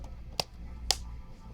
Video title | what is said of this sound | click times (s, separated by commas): Replace Dell Venue 11 Pro 5130 | have to find out what it's on the way but this one snap back | 0.4 s, 0.9 s